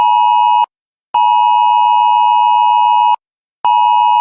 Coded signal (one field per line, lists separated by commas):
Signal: Emergency Alert System (SAME) tones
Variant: 853 and 960 Hz attention tone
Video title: EAS Scenario: Geological Disaster I: SoCal